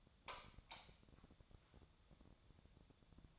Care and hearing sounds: daily activity, microphone in the room; light on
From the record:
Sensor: 3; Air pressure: 1000.0 hPa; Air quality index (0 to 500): 122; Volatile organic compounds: 2 ppm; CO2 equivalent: 1094 ppm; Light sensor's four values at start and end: 38/95/40/44 and 40/104/44/48

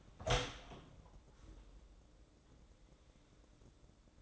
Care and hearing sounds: daily activity, microphone in the room; open door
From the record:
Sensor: 3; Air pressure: 1012.3 hPa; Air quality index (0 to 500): 181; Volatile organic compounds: 3 ppm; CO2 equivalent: 1386 ppm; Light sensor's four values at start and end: 574/1427/590/607 and 568/1413/584/600

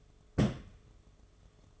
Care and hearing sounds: daily activity, microphone in the room; place on stove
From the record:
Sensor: 4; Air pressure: 1011.2 hPa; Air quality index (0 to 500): 140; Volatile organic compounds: 3 ppm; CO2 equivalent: 1432 ppm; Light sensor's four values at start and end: 223/581/245/257 and 245/639/270/284

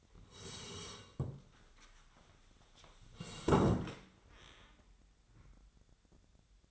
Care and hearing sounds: daily activity, microphone in the room; sit down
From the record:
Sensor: 3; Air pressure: 1015.3 hPa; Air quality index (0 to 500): 135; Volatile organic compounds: 6 ppm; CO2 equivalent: 1904 ppm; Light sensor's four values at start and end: 15/39/15/17 and 13/33/13/14

